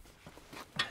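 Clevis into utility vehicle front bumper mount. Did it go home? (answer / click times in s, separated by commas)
yes / 0.8 s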